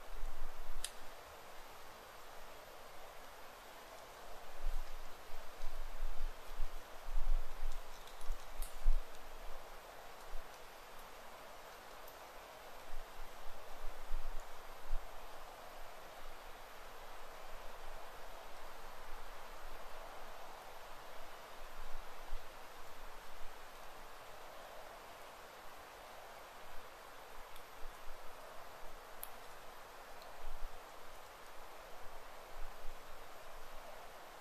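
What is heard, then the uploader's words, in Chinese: A very quiet wild thicket: a soft, steady hiss of air and leaves runs throughout, swelling gently now and then, with a faint low rumble underneath. A few tiny, sharp ticks stand out briefly near the start, around nine seconds, and near thirty seconds. 林薮呖呖·极静深野。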